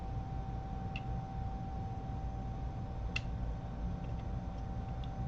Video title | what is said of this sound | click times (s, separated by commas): January 14 2024 Processing a plow kit | here clicky clicky | 1.0 s, 3.2 s